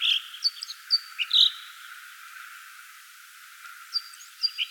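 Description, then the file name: Red crossbill calls: short, sharp kip notes in a quick cluster early on, then a gap, then a few more chips near the end. Call type 2. "Red Crossbill - Loxia curvirostra type 2"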